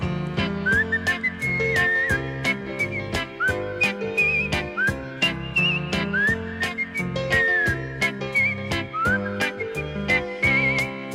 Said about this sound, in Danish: Han kan ikke skjule, han kan lide at jule, og så fløjter han den der.